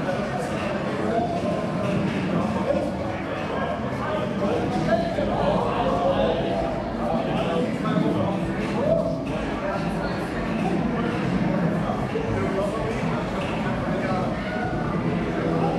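A gaming arcade fills with a dense, unbroken wash of overlapping voices, steady in level from start to finish. Short clicks and clattering taps pop out of the murmur now and then, with a low rumble running underneath throughout.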